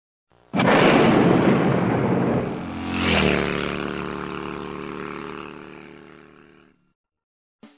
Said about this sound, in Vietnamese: Sài Gòn lại rung động vì những tiếng nổ mới. Bọn địch nháo nhác run sợ. Những tiếng nổ ấy còn tiếp tục rền vang cho đến khi Mỹ Ngụy bị tiêu diệt đến hang ổ cuối cùng.